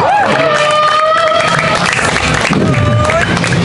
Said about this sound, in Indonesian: Tepuk tangan yang meriah untuk drummer ….